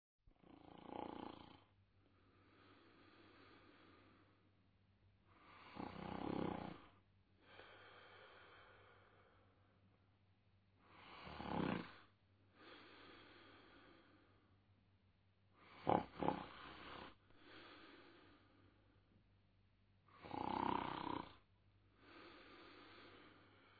Man Snoring.